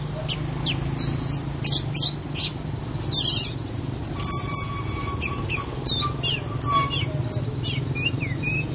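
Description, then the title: Oriental magpie-robin delivering varied whistled phrases, sharp chirps and a few drawn-out tones, against a steady low-pitched background hum. "Kicau Kacer"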